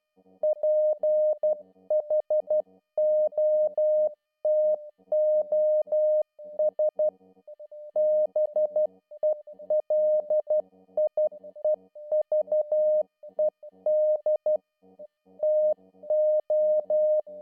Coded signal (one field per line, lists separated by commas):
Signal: Morse code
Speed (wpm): 12 wpm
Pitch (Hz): 610 Hz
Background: music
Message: PHOTOS BELIEVED TO